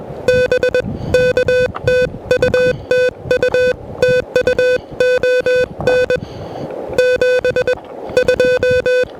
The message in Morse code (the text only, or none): BK TU TU TU ON 72